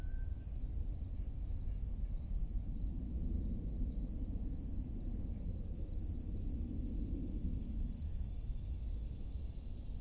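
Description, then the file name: Steady high cricket chirping with regular pulses, a brief faint whistle near the start and low rumbling noise. Forest clearing on a summer morning. "Crickets in Forrest Clearing on Summer Morning"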